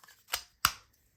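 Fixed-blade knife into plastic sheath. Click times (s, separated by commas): 0.6 s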